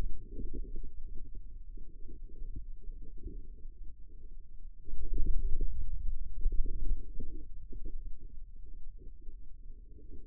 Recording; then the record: forearm muscle sounds (acoustic myography)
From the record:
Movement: inward rotation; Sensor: system 2, bracelet of six BSWA MPA416 microphones around the upper forearm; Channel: 6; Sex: male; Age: 22 years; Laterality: right